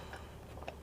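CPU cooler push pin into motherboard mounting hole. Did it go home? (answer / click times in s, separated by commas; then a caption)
no / none. A stock CPU cooler's plastic push pin is handled at a motherboard mounting hole after some trouble getting it through. Low handling noise is heard, with a brief sharp tick at about 0.7 s. Nothing has seated or clicked yet.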